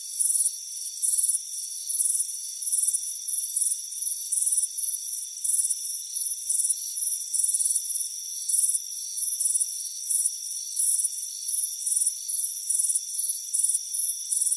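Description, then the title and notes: High-pitched cricket chirps pulse steadily through the whole stretch, some bursts longer than others, with a continuous whining tone beneath. "Soothing Crickets Chirping Sound. It's a warm afternoon as you relax in a hammock on the front porch. Relax and fall asleep to the soothing sound of chirping crickets. Deep Sleep Sounds"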